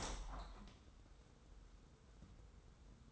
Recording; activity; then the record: daily activity, microphone in the room; open window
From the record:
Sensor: 3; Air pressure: 990.3 hPa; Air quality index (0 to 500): 184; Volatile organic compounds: 1000 ppm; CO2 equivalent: 5991 ppm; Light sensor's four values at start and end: 34/80/32/30 and 34/80/32/30